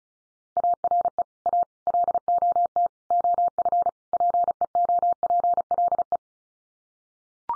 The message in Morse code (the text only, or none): ARE A LOT OF PEOPLE